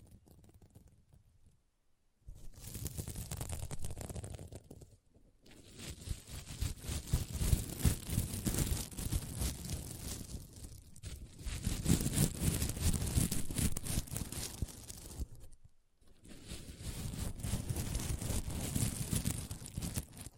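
Scratching sounds from a sequin mermaid pillow come in dense bursts of rough, crackling friction, with brief silent pauses near 2, 5, 11 and 16 seconds. The rasping is busy and uneven, with a low rumbling underside and a bright hiss on top.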